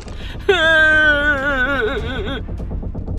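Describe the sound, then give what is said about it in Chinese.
A child in a crowd aboard a large ship lets out one drawn-out wailing cry lasting about two seconds, holding a steady pitch before wavering and breaking at the end, over a low, murmuring background rumble. “人群中传出了孩童清脆的哭声。”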